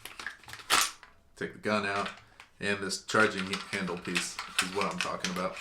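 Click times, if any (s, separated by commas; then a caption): none. Someone talks while handling the charging handle piece of a CAA MCK chassis as it is brought to an M&P9 pistol, to be pushed on so it locks into the gun. A few brief handling ticks and knocks come in the first second. Nothing has seated or clicked into place yet.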